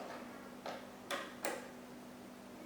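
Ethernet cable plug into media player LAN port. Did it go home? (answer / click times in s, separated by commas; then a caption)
yes / 1.4 s. An Ethernet cable plug is pushed into the LAN port on the back of an Xtreamer Ultra media player. Three short clicks come at about 0.7, 1.1 and 1.5 seconds, and the last one at 1.5 seconds is the plug clicking into the port and seating.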